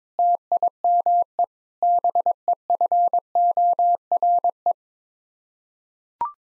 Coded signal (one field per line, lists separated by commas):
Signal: Morse code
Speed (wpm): 22 wpm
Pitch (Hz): 700 Hz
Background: none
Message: TIME BEFORE